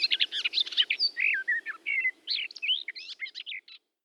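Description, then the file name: Garden warbler delivering a rapid, rambling warble of mixed liquid and scratchy notes, ending after nearly four seconds, with a soft low background hum. "lehtokerttu jan erik bruun"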